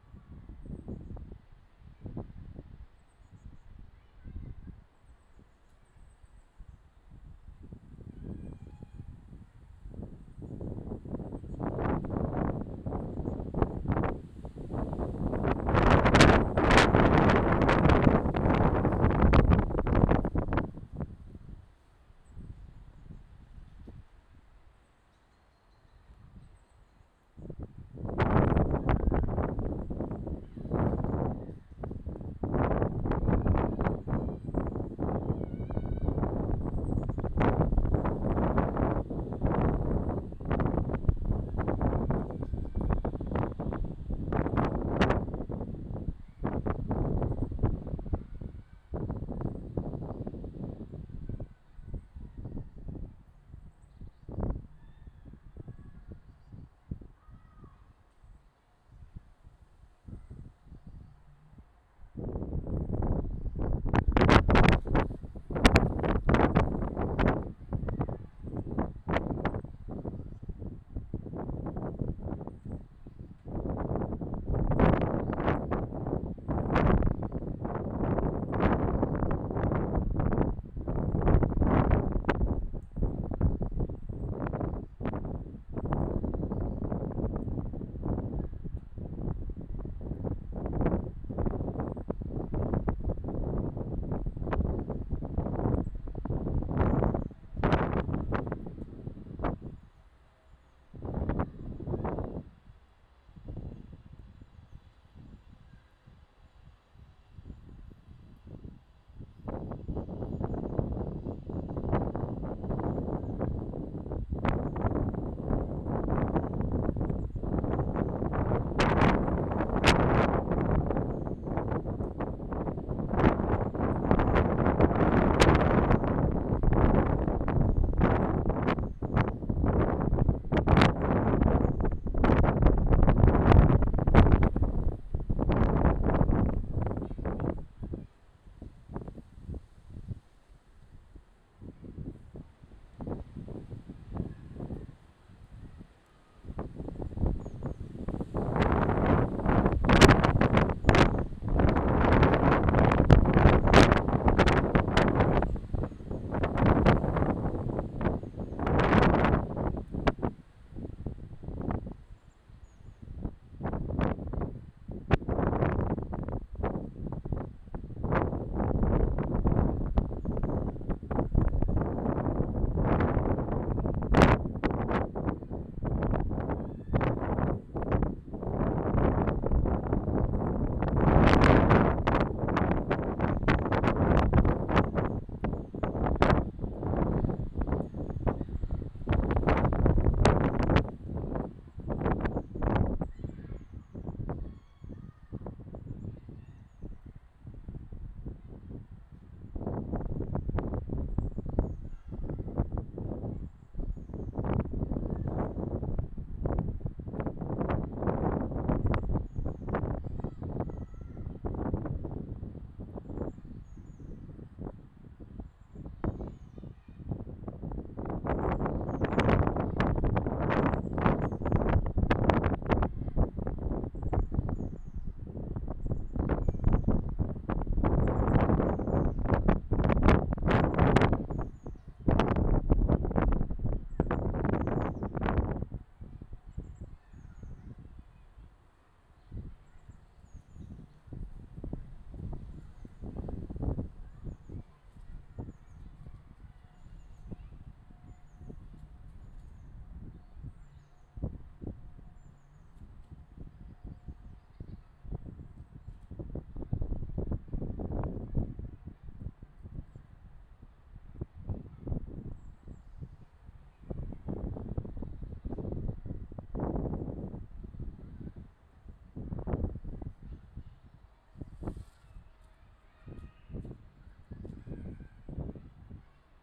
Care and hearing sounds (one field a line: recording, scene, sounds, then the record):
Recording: everyday scene through a hearing-aid microphone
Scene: wind on the microphone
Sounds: squally wind, voices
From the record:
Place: parking lot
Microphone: in the ear canal, left